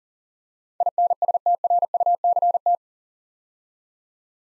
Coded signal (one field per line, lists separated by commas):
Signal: Morse code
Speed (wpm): 39 wpm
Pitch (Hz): 700 Hz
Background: none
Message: INSTRUCT